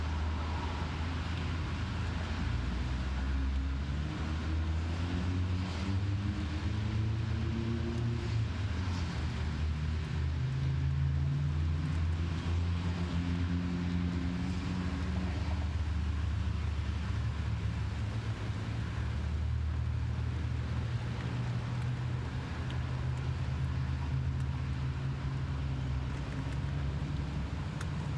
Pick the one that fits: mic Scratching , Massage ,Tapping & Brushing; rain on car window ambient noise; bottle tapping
rain on car window ambient noise